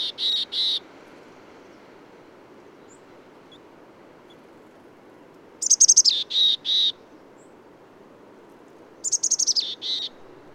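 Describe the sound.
Bird song: the end of one phrase, then two full phrases a few seconds apart, each a fast, falling trill of sharp notes ending in a few sustained, lower tones.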